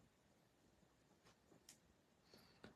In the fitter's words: Okay, did you guys hear that little click?